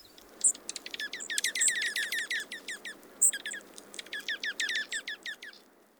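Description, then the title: Bird song made of rapid, sharp descending chirps tumbling over one another in a dense, irregular stream, over a steady low background hiss. "BIrd Luar Ngri"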